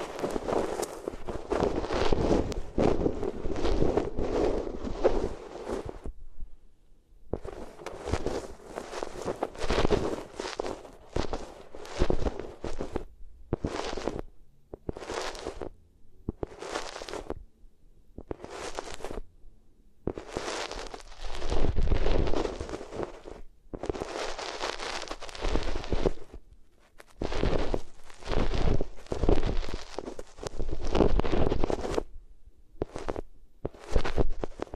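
Rubbing sounds against the ears come in bursts of dense scratchy friction, with a long opening stretch and then shorter strokes separated by silent gaps.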